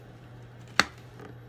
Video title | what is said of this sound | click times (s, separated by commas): Flush Setting a Faceted Stone c | you hear that little click so | 0.8 s